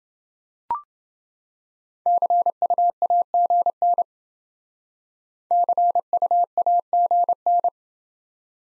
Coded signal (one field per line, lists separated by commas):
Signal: Morse code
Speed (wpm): 29 wpm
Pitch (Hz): 700 Hz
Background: none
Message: CUAGN CUAGN